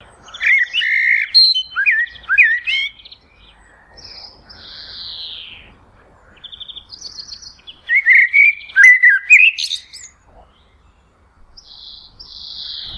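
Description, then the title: Common blackbird song: repeated low fluty whistled phrases, each closing with high scratchy twitters and thin squeaks, alternating with short pauses. "Merle - black bird"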